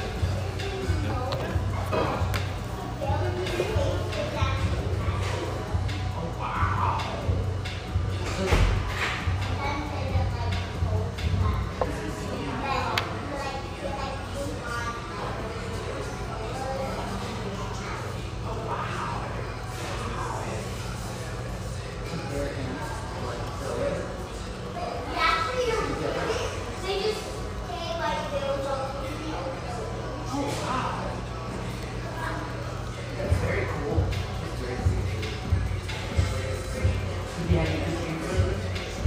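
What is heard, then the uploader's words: Steady chatter of many voices fills a family coffee shop, with no single speaker standing out. A low hum runs underneath throughout, and scattered clinks and knocks of cups and dishes break through now and then, a little busier near the end. Sellwood, Portland, Oregon. Family-oriented, high-ceilinged java joint near Portland's Willamette riverfront.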